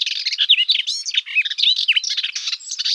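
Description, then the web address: Melodious warbler song: a fast, continuous babble of high twittering, chattering and buzzy notes with quick slurred phrases, delivered without pause. "Hippolais polyglotta"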